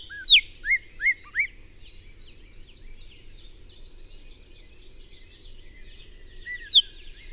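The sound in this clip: Bird song opening with four loud, sharp, descending chirps, then a long stretch of faint high twittering, and one more bright note near the end.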